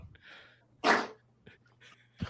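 A single sudden, forceful sneeze burst that fades over about a third of a second, with faint background noise.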